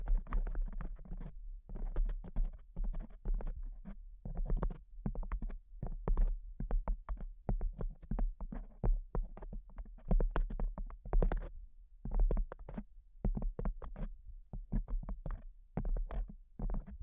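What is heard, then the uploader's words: Tapping sounds come in a steady run of short, dry knocks, some quick and clustered, others spaced farther apart, with brief pauses near 1.5, 7 and 12 seconds. Each tap has a low, thudding body, and a faint low hum stays underneath throughout. ASMR Pure Tapping Fast and Slow (No Talking).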